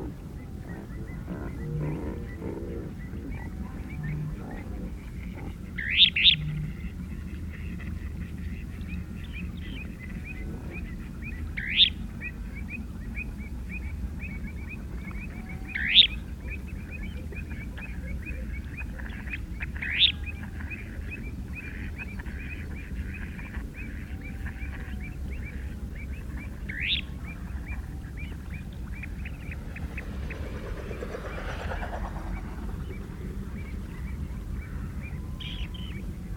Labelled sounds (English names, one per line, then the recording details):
Dunlin call
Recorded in the wild
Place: Istria, Dobrogea, RO
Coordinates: 44.483, 28.811
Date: 1973-04-23
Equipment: Nagra III BH, Sennheiser MD 21, parabola
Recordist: Schubert, Michael